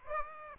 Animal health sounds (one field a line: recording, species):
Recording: mosquito wingbeat signal from an infrared sensor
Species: Aedes aegypti